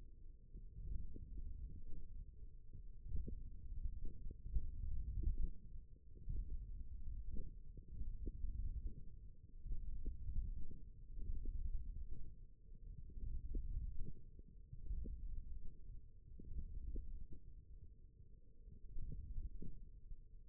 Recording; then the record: forearm muscle sounds (acoustic myography)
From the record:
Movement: hook grip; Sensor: system 1, eight BSWA MPA416 microphones around the upper forearm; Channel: 4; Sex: male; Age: 18 years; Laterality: right